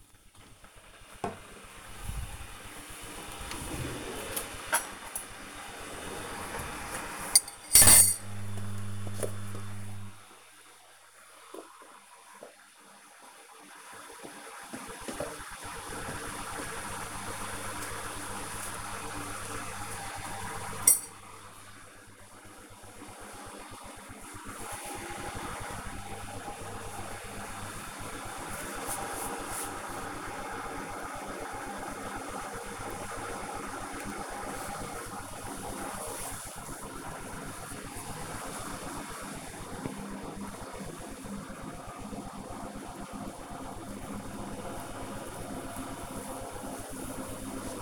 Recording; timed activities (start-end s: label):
household activities, microphone on the right wrist
0.00-47.82 s: making tea